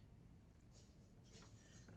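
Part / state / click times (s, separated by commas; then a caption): mylar and die holder in a button maker press / not seated / none. A clear mylar sheet is laid into the die holder of a button maker press and lined up by hand. Soft, faint rustling and brushing are heard, with brief brighter scrapes around 0.8 s and 1.3–1.5 s over a low steady background. Nothing has clicked yet; the holder has not been flipped round.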